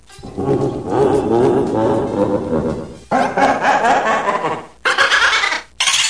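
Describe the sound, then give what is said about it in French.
The voice of Boo, the ghost in a video game, which is Bowser's voice sped up: a high, roaring cackle, loud and sustained in three bursts with brief gaps between, with a wavering, growly laugh-like quality. “Ensuite, si tu veux faire jouer l'extrait 1, pour sauver du code, la voix de Boo, le fantôme, est tout simplement la voix de Bowser en accéléré.”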